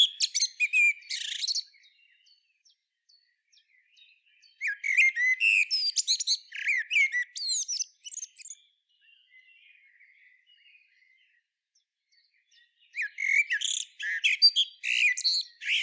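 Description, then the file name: Common blackbird song phrases, three bursts of high twittering and whistled notes separated by quiet gaps of several seconds, with faint scattered chirps between. "Turdus merula"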